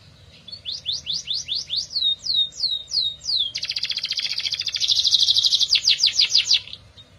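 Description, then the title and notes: Canary song opening with about ten descending whistled slurs, followed by a dense, fast buzzing trill and several closing swept notes. F1 canary (Kenari F1 Ys); therapy recording to prompt a canary that has stopped singing (Indonesian: kenari macet). "TERAPI KENARI MACET. Kenari F1 Ys"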